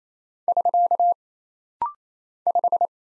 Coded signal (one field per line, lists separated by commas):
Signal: Morse code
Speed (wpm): 27 wpm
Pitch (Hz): 700 Hz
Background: none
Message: <SK> 5